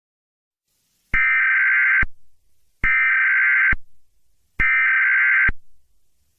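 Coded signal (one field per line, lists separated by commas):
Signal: Emergency Alert System (SAME) tones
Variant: header bursts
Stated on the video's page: Fictional tornado EAS made in Vyond animation software.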